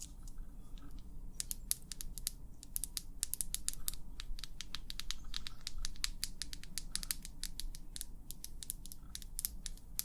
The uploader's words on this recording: ASMR 100% Tapping for the BEST Sleep & Tingles long nails, no talking.